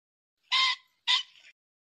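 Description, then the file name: Pheasant uttering a hoarse double squawk, a longer first note followed by a shorter one that tails off raggedly, in otherwise silent surroundings. "Tieng chim tri"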